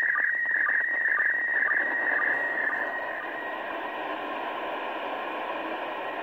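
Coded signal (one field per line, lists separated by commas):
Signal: SSTV (slow-scan television)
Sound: warbling scratchy tone with steady rhythmic ticks about twice a second, fading into hiss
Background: radio static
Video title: ISS SSTV 20 Years ARISS Part 6! 27.12.2020!🎅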